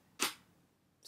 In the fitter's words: So you just drop it and you can hear it lock.